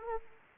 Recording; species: mosquito wingbeat signal from an infrared sensor; Anopheles arabiensis